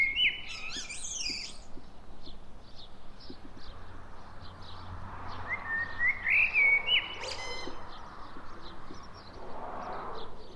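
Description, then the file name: Common blackbird singing two separate phrases, a squeaky high flourish at the start and a later mellow fluted run, among faint chirps. "Turdus merula"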